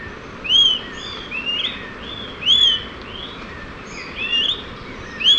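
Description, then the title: Smoke-colored pewee: loud upslurred whistled notes at irregular intervals, softer similar notes in between, steady background hiss throughout. Subspecies ardosiacus. "LuckyPassaro Completos2Sama. Smoke-colored Pewee (Contopus fumigatus ardosiacus)"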